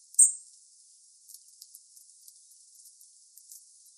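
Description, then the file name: European robin giving a single sharp, high thin call near the start, followed by faint scattered high ticks against quiet hiss. "Erithacus rubecula"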